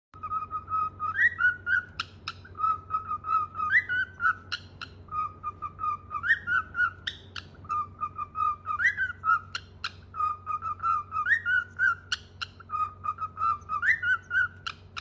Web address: Hamkhani Aroos Holandi. صدای-عروس-هلندی